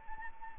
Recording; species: mosquito wingbeat signal from an infrared sensor; Anopheles arabiensis